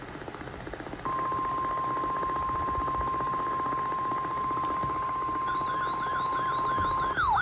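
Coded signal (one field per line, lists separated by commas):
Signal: Emergency Alert System (SAME) tones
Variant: 1050 Hz attention tone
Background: music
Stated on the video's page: NOAA Weather Radio Required Weekly Tests.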